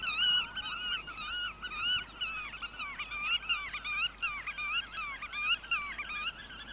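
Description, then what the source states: Black-tailed Godwit calls: nasal, wavering notes strung together in a continuous, rhythmic, rolling series. Field recording.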